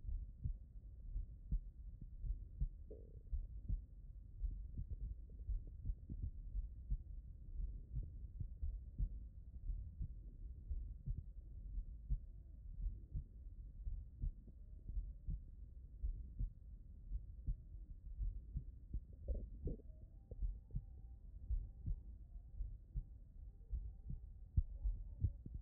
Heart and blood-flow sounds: heart sounds by stethoscope; tricuspid valve (TV)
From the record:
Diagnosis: non-HFrEF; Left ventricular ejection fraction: 66%

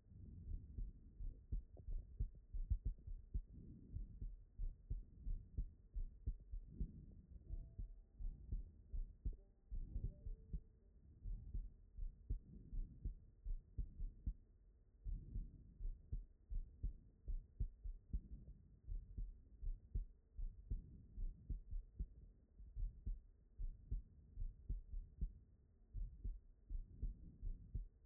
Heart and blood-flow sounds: heart sounds by stethoscope; aortic valve (AV)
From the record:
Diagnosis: non-HFrEF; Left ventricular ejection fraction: 71%

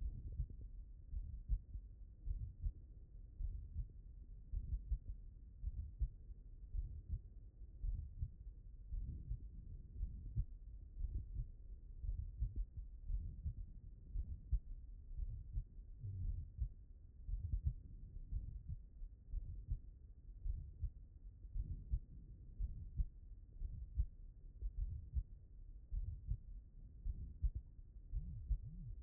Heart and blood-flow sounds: heart sounds by stethoscope; pulmonary valve (PV)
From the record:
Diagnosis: non-HFrEF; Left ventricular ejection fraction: 59%

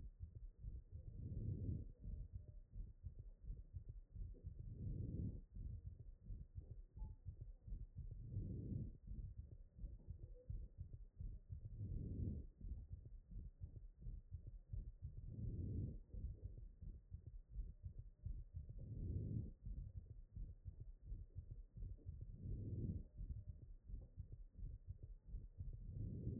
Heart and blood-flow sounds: heart sounds by stethoscope; pulmonary valve (PV)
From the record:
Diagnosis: HFrEF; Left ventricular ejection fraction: 34%

